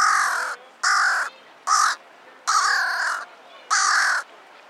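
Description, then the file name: Carrion Crow cawing repeatedly: five harsh, grating calls of varying length in quick succession, with one noticeably shorter caw in the middle of the series. "Corvus corone"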